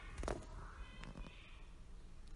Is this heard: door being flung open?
no